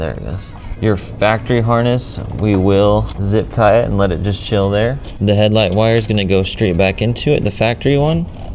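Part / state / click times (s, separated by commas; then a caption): headlight wire plug into harness connector / not seated / none. Someone talks while handling a UTV's factory headlight wire and harness connector, saying the factory harness will be zip-tied out of the way and the headlight wire will plug straight back into the factory connector. Nothing has seated or clicked yet; only speech is heard.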